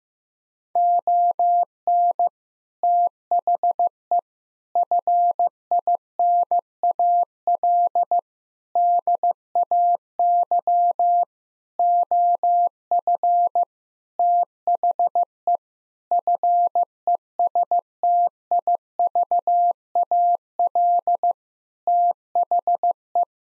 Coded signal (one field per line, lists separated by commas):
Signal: Morse code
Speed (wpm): 15 wpm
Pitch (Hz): 700 Hz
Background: none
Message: ON THE FINAL DAY OF THE FESTIVAL THE